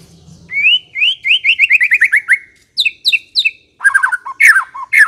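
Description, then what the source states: White-rumped shama song: a quick series of rising whistled notes, then clipped high phrases and harsh chattering elements near the end. Song used as a lure to provoke an aggressive fighting bird.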